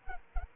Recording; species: mosquito wingbeat signal from an infrared sensor; Culex pipiens